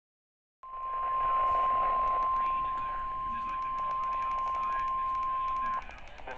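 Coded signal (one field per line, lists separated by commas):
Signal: Emergency Alert System (SAME) tones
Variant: 1050 Hz attention tone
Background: speech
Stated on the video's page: Severe weather alerts received on a NOAA Weather Radio during an active storm period in Illinois.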